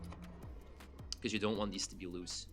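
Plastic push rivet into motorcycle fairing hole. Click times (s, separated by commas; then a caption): 1.1 s. A black plastic push rivet, held by its head, is pushed through a hole in a motorcycle fairing until it clicks in at 1.1 s and is fastened. Someone talks over the work. The rivet seats firmly, since it should not be loose.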